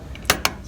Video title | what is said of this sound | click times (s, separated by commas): Dodge Ram 2500 Stake Body Replacement Project CUESEQUIP.com | it kind of locks in place like that. | 0.3 s